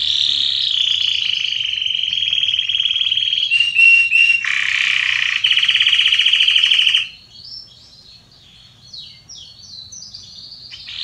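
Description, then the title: Canary song: a loud, rapid buzzing trill held for about seven seconds, shifting pitch midway, then softer scattered chirps and short whistled notes. Red Belgian canary singing. "Canário Belga Vermelho Cantando"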